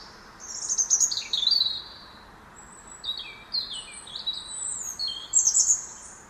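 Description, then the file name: European robin, high sweet warbled phrases of thin whistles and slurred slides, repeated after short pauses, with constant background hiss. "Erithacus rubecula"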